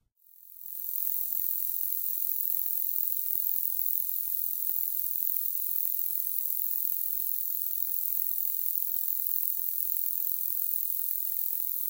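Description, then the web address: Straight-lanced meadow katydid song, a steady, unbroken high-pitched hiss that swells in within the first second and then holds evenly throughout. "The Songs of Insects. Straight-lanced Meadow Katydid"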